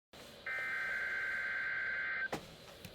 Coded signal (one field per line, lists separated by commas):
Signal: Emergency Alert System (SAME) tones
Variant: header bursts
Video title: 11/25/2020 | Radioshacc strikes bacc [EAS #259]